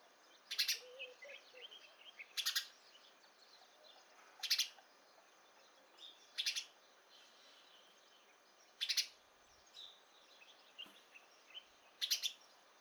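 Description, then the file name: House sparrow calling with short double and triple chirps, repeated every two to three seconds, over a quiet hiss and faint bird notes. "Passer domesticus"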